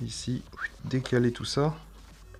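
On a GARTT RC hydroplane kit, the small snap-on plastic clip of the control linkage is being moved to a new position and handled to be clipped back on. Someone talks over background music throughout. Nothing has seated or clicked yet.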